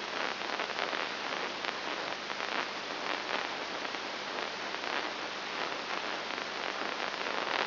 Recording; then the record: brain microelectrode recording played as sound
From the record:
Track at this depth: inside the subthalamic nucleus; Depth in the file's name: 2.903 mm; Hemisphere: left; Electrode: 3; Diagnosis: Parkinson's disease